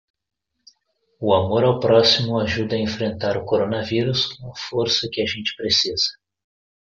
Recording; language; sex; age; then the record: spoken sentence; Brazilian Portuguese; male; 20 to 29 years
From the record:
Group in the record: control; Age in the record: 26 years